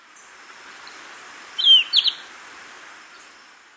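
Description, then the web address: Golden-faced Tyrannulet calls: two short, high whistled notes in quick succession, over a steady faint hiss. Recorded in Ecuador; the bird may belong to an unnamed taxon. "Birds of Ecuador Golden-faced Tyrannulet"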